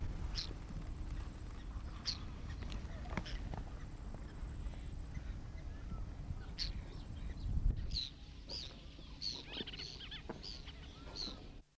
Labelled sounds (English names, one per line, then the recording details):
Damara Tern call
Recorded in the wild
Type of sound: call
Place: Ngamisee, BW
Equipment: Halbspur, 9,5 cm/s
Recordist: Lütgens, Hans
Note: Rufe